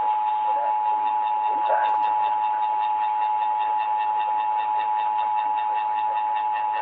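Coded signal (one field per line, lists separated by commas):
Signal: Emergency Alert System (SAME) tones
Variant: 853 and 960 Hz attention tone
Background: speech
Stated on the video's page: Required monthly tests and NOAA Weather Radio required weekly tests from May 2023, one recorded from a phone.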